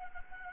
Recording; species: mosquito wingbeat signal from an infrared sensor; Anopheles gambiae